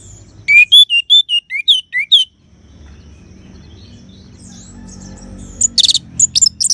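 Orange-headed thrush song: a quick series of clear whistled notes, then silence and a brief high scratchy burst at the end, over faint low background noise.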